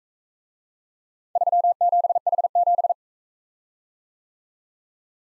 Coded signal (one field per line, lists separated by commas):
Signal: Morse code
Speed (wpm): 43 wpm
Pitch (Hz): 700 Hz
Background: none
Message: 37H7